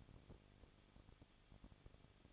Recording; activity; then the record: daily activity, microphone in the room; no activity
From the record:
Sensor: 4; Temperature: 23.0 degrees Celsius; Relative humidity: 34.2%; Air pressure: 1007.3 hPa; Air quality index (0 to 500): 216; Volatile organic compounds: 15 ppm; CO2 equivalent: 2506 ppm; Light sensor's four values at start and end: 2/3/1/1 and 2/3/1/1